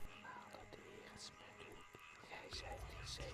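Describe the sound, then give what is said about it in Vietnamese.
Soft, unintelligible murmuring of an incantation in the ancient language of the Bạch Lăng clan, like a whispered chant, runs low and steady, with breathy hissing bursts rising now and then over a quiet hum. “Những tiếng rì rầm khó hiểu khẽ vang lên.”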